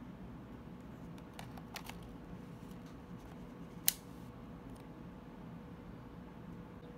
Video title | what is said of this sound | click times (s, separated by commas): #learn #fundamentals WPC Tutorial 3 - Types of Lenses | just align the lens and the camera markings and rotate till you hear a click | 3.9 s